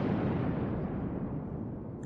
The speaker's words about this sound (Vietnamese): Ngay tại sát na hai bên sắp sửa hạ lệnh xung phong, trên thiên khung không hề có điểm báo trước, nổ vang một tiếng kinh lôi hám động càn khôn.